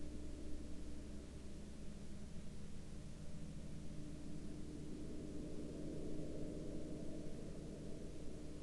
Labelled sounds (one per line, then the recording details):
man-made sound
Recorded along the Dalton Highway, Alaska, on 16 October 2019 at 21:21
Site 02